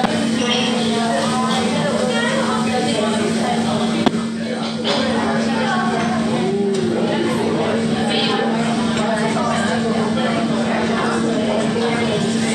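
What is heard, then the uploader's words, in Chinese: Busy Vietnamese restaurant background with many overlapping voices chattering, a steady low hum underneath, and a brief clatter around four seconds. 在當地一個越南飯店的背景音。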